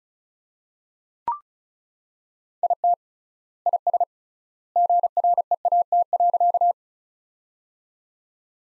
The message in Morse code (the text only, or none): IT IS GREAT.